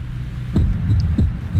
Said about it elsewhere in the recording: Loud second heart sound, left sternal border area. There's your normal heart that's through a stethoscope.